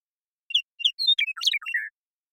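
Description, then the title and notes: Western meadowlark song: two short introductory notes, then a quick jumble of bright, flute-like notes tumbling downward, ending in a slurred warble; no other sounds. Song; recording isolated and processed, natural pace kept; Pacific Northwest, Washington, United States. "Western Meadowlark, Sturnella neglecta, song, contact calls, and flush, family: Troupials and Allies Recorded in the beautiful Pacific Northwest in Washington, United States"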